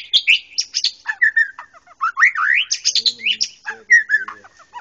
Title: murai batu